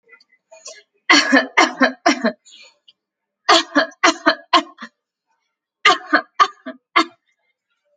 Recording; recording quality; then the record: heavy voluntary cough; moderate, slight background noise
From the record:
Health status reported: healthy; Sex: female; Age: 23 years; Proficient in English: yes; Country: India